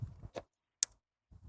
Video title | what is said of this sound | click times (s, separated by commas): How to Replace a Tesla Model X Rear Tail Light (Step-by-Step) | Did you hear that click? | 0.8 s